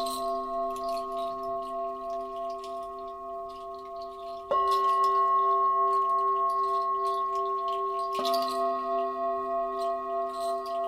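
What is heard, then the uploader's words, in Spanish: Sustained, ringing tones of a meditation with singing bowls hum steadily with a slow, pulsing wobble. Fresh strikes land at about 4.5 and 8 seconds, each adding a brighter ring and lifting the loudness. Light, scattered chiming sparkles above throughout. Meditación con cuencos.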